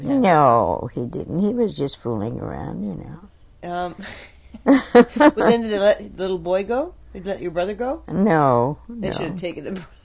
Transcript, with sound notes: Nooo. He didn't. He was just fooling around you know. (both laugh)
But then did they let, little boy go? Did they let your brother go?
No.
They should have taken him.